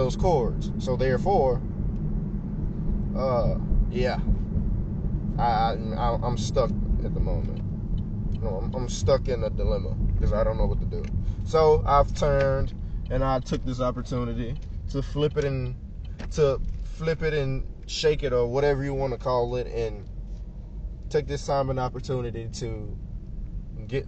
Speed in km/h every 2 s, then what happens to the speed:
39, 37, 37, 29, 26, 26, 13, 8, 8, 10, 16, 16.
4-14 slows to 8. 14-24 speeds up to 16.